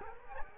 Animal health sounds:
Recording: mosquito wingbeat signal from an infrared sensor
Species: Culex quinquefasciatus

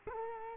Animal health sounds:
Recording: mosquito wingbeat signal from an infrared sensor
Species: Culex quinquefasciatus

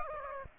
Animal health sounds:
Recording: mosquito wingbeat signal from an infrared sensor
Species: Aedes aegypti

